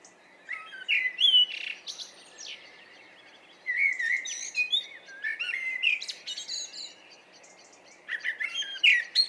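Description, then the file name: Common blackbird song: three phrases, each opening with low mellow warbled notes and ending in thin, high, squeaky twittering, separated by brief pauses. "Turdus merula"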